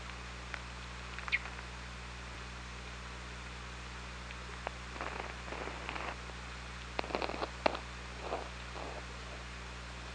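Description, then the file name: Orca sounds underwater: short buzzy pulsed bursts and scattered clicks over a steady low hum, strongest in two clusters near the middle and end. Recorded on the OrcaLab hydrophone on 24 August 2017 at 20:25. "Orca Lab UTLN JASON 20170824 202535"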